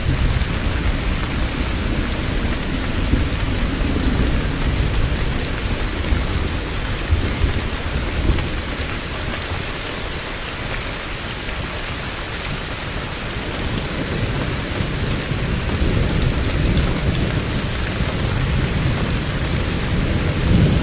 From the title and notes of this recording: Steady Rain & Thunder. The soothing rain falling sounds and echoing thunder plays all night. Rain and thunderstorm sounds.